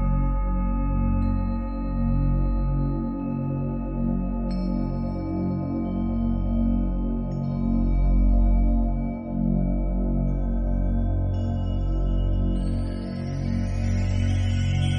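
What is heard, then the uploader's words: Tibetan bowls ring in long, overlapping tones with a slow, pulsing waver, fresh strikes adding bright shimmering layers every few seconds. 741Hz. Healing with Tibetan bowls.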